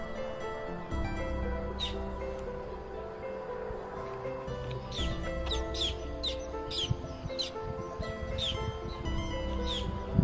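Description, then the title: Black-headed gull calls, harsh downslurred cries repeated in bursts, mostly in the second half. Wetland at Futou Lake. "斧头湖随拍：红嘴鸥的歌舞"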